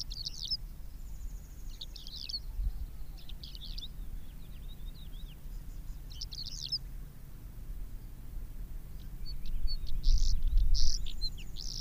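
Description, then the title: Javan bush lark singing in scattered bursts of sharp, high twittering notes and brief slurred phrases, separated by quiet gaps, with constant low-pitched background hum. "Suara Burung Branjangan"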